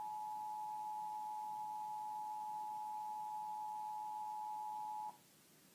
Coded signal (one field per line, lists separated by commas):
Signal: Emergency Alert System (SAME) tones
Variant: 853 and 960 Hz attention tone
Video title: 2017 Iowa Tornado Drill tests on TV and radio (EAS #322-327)